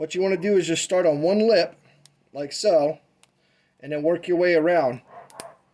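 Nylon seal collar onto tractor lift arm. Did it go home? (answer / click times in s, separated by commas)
yes / 5.3 s, 5.4 s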